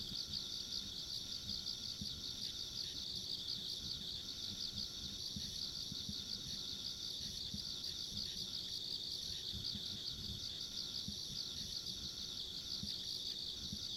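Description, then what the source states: High continuous insect trilling, many callers blending into one shimmering band, with low rumbling noise beneath. Insects along a rural country road, ambient sound.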